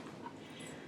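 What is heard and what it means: One of two small sew-on snap fasteners on the flap of a sewn fabric face-mask wallet holding a phone is pressed closed. A short, sharp snap sounds at 0.26 s over steady low background noise, and the fastener is snapped shut.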